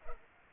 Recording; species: mosquito wingbeat signal from an infrared sensor; Culex pipiens